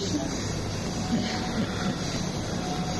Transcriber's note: Prabhupāda laughs